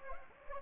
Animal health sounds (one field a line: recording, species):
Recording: mosquito wingbeat signal from an infrared sensor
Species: Anopheles gambiae